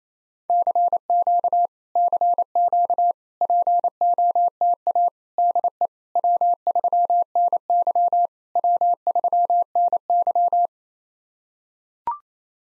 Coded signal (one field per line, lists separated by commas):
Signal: Morse code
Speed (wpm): 28 wpm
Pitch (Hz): 700 Hz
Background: none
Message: CQ CQ POTA DE W3NY W3NY